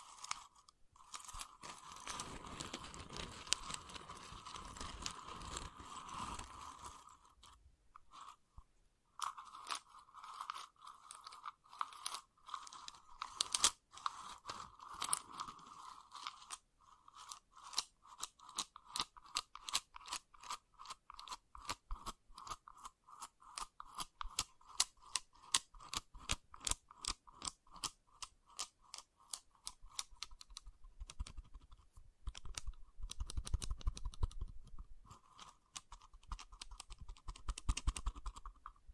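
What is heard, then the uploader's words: Wood triggers: dense, crunchy scratching and tapping on wood for the first seven seconds, then brief pauses before a run of sharp, evenly spaced clicks and taps that grows quicker and more regular after about sixteen seconds. A steady mid-pitched ringing tone runs underneath most of it. ASMR Calming Wood Triggers for Sleep (No Talking).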